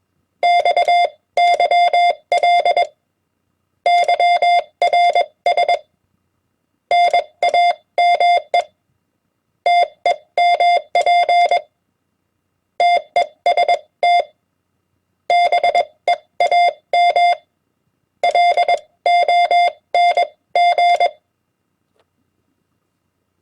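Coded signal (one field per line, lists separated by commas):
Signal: Morse code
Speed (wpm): 22 wpm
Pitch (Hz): 700 Hz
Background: none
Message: XYL YRS NAME TEMP TEST BEAM LONG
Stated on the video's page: Common amateur CW QSO abbreviations and words sent on a key at 20 wpm.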